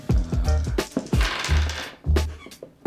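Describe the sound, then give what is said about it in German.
Dice clatter and tumble across a hard surface in a quick series of sharp, bright knocks, bouncing irregularly for a few seconds with no talking. “Korrekt, ihr merkt schon, wir sind hier im Würfelfieber und das nicht ohne Grund.”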